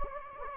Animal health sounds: mosquito wingbeat signal from an infrared sensor; Anopheles gambiae

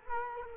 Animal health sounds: mosquito wingbeat signal from an infrared sensor; Culex quinquefasciatus

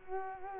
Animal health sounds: mosquito wingbeat signal from an infrared sensor; Culex quinquefasciatus

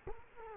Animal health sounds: mosquito wingbeat signal from an infrared sensor; Culex quinquefasciatus

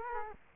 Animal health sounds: mosquito wingbeat signal from an infrared sensor; Culex quinquefasciatus

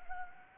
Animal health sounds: mosquito wingbeat signal from an infrared sensor; Anopheles gambiae

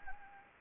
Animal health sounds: mosquito wingbeat signal from an infrared sensor; Anopheles gambiae

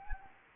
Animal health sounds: mosquito wingbeat signal from an infrared sensor; Anopheles gambiae

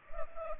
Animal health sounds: mosquito wingbeat signal from an infrared sensor; Culex pipiens

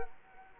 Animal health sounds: mosquito wingbeat signal from an infrared sensor; Culex quinquefasciatus

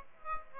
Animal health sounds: mosquito wingbeat signal from an infrared sensor; Aedes aegypti

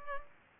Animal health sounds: mosquito wingbeat signal from an infrared sensor; Culex pipiens

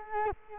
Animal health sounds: mosquito wingbeat signal from an infrared sensor; Culex quinquefasciatus

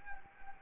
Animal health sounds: mosquito wingbeat signal from an infrared sensor; Anopheles arabiensis

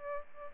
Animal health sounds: mosquito wingbeat signal from an infrared sensor; Aedes albopictus

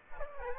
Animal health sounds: mosquito wingbeat signal from an infrared sensor; Aedes aegypti

